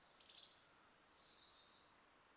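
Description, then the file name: European robin song fragment: thin, very high whistled notes followed by a brighter phrase that slides gently downward. "Erithacus rubecula"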